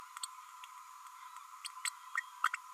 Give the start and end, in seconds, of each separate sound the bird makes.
1.64-1.68, 1.85-1.89, 2.17-2.20, 2.45-2.48